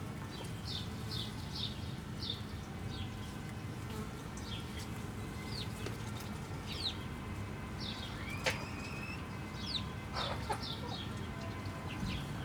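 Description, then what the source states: Chicken chicks peeping, many short high descending cheeps repeated steadily, with a low background hum throughout. Hens and chicks in the henhouse of the Atelier 34zero museum garden, Jette, Brussels, Belgium; recorded with DPA 4060 microphones in AB position into a Zoom F3.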